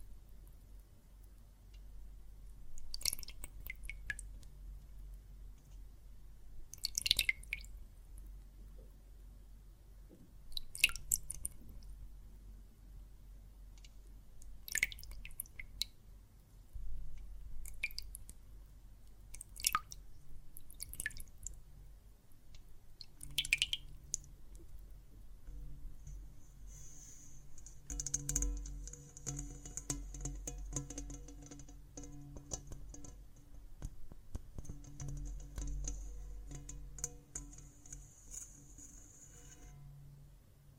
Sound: Water and Soap Foam Sounds